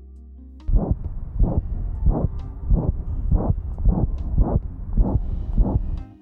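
A dog's heart through a stethoscope at the mitral focus: nine soft, blowing, wind-like beats at about 100 a minute, each murmur occurring with the first heart sound. A mitral valve insufficiency murmur: the valve has a closing lesion and fails to close properly, so blood leaks back turbulently. Very common in dogs with degenerative mitral valve disease.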